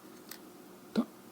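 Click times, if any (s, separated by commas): 0.3 s, 1.0 s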